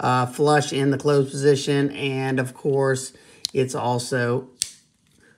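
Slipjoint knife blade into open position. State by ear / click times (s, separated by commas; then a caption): seated / 4.6 s. Someone talks while the blade of a C Risner TPK Ohio River Jack slipjoint knife is opened fully against its backspring. The blade snaps into the open position with a sharp, positive click at 4.6 s. It seats flush in the open position.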